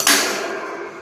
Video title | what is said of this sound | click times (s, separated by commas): 30 inch FUGOO FAN (Great Shop or Patio Fan) | just like that, it just pushes in and locks into place. | 0.0 s